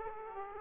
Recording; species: mosquito wingbeat signal from an infrared sensor; Aedes aegypti